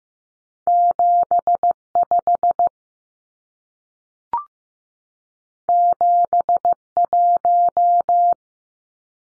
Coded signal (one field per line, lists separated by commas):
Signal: Morse code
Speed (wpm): 15 wpm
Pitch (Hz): 700 Hz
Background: none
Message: 75 71